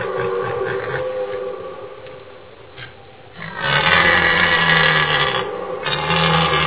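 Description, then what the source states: Red deer roaring: long, rough, deep bellows, a fading one followed by a louder one and the start of another. Stag bellowing during the rut.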